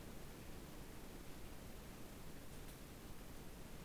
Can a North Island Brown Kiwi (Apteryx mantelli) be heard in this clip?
no